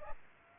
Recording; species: mosquito wingbeat signal from an infrared sensor; Aedes aegypti